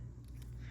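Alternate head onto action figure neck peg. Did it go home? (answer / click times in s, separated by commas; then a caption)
no / none. An alternate plastic head is pushed onto an action figure's neck peg, with a steady low hum and a couple of faint soft ticks around 0.3 and 0.4 seconds. The head doesn't snap into place but sits secure, and nothing has clicked or seated with a snap yet.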